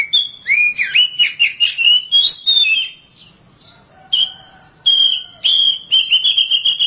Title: Suara Kicauan Burung Kacer